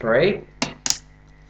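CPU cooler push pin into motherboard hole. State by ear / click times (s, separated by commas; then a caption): seated / 0.6 s. Someone talks as a plastic push pin of a CPU cooler is pressed into its motherboard hole. The pin clicks in and seats at 0.6 s, followed by another short sharp sound at about 0.9 s.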